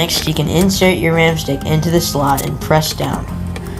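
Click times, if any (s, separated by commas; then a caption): none. A memory module (RAM stick) is handled over a motherboard RAM slot, about to be pressed down until the retaining latch clicks. Someone talks over background music throughout. Nothing has seated or clicked yet.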